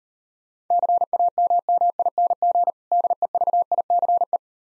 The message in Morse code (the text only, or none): CAMMING DEVICE